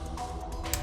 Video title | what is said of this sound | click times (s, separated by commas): Nemesis Transforms Mastermind Creations PS-23 Ignis | make sure yeah make sure push it down you'll hear it click into place and that's the top half pretty much done | 0.7 s